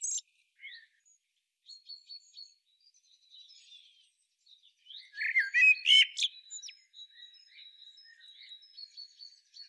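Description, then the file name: Common blackbird giving one mellow whistled phrase ending in a high squeaky flourish, while thin high tones run through the background. "Turdus merula"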